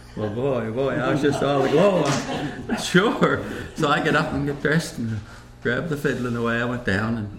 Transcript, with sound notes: Well boy, boy I was just all aglow, (laughter) “Sure!” So I get up and get dressed, grabbed the fiddle and away I went down.